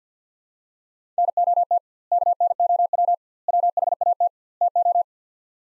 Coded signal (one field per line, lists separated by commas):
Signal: Morse code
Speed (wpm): 50 wpm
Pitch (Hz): 700 Hz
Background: none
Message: NOT KNOW WHAT TO